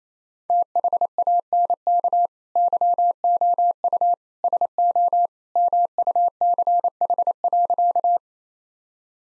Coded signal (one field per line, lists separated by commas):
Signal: Morse code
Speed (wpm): 28 wpm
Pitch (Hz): 700 Hz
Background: none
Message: THANK YOU SO MUCH.